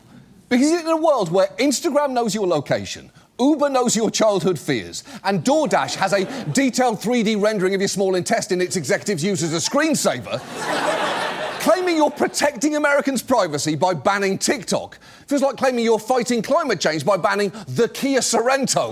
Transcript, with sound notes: Because in a world where Instagram knows your location, Uber knows your childhood fears and DoorDash has a detailed 3D rendering of your small intestine its executives use as a screensaver...
(LAUGHTER)
...Claiming you're protecting Americans' privacy by banning TikTok feels like claiming you're fighting climate change by banning the Kia Sorento.